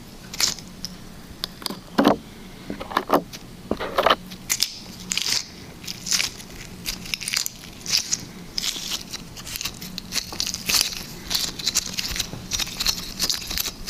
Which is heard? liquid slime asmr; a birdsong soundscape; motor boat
liquid slime asmr